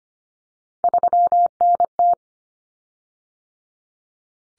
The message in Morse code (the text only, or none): 3NT